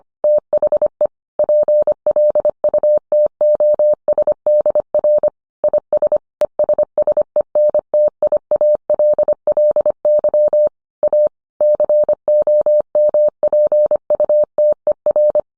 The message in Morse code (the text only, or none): THE PLUTOSDR IS ESSENTIALLY A COMPUTER